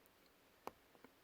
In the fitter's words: just pop into place.